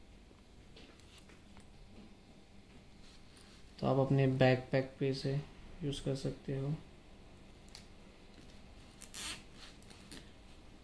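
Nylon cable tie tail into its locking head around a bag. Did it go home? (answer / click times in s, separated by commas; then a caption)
yes / 7.7 s, 7.8 s, 9.0 s, 9.8 s, 10.1 s. A heavy-duty, UV-protected MX nylon cable tie is pulled through its self-locking head around a backpack strap, and someone talks near the middle of the clip. Short ratchet clicks are heard at 7.7, 7.8, 9.0, 9.8 and 10.1 seconds as the tie ratchets shut and locks.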